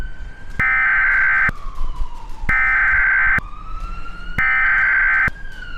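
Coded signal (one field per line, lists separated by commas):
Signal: Emergency Alert System (SAME) tones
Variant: header bursts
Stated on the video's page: Fictional EAS scenario alert.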